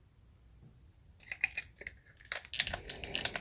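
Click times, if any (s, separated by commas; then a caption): none. The right leg of a Solomon Grundy Build-a-figure from the DC Multiverse Arkham City wave is pressed into the socket of the plastic torso. Sharp plastic clicks and rattles are heard from about 1.2 s onward, growing busier and louder after 2.3 s. The clip ends before the leg goes home, and nothing has seated yet.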